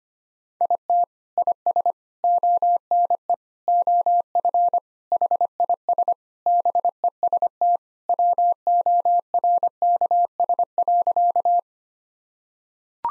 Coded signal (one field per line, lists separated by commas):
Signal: Morse code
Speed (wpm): 25 wpm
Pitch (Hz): 700 Hz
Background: none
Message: IT IS ONE OF HIS BEST WORKS.